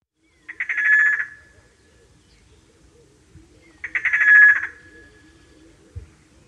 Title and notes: Swamp Boubou. August 15 2015, 7:24 AM. Okavango Delta. Antiphonal call that is ubiquitous in the delta